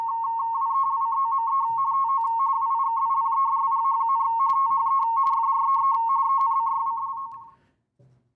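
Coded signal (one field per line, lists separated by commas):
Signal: RTTY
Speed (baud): 45.45 baud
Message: WELCOME TO WIKIPEDIA, THE FREE ENCYCLO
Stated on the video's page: Morse code in a re-creation of the first wireless transmission over land, a contact between two amateur radio club stations.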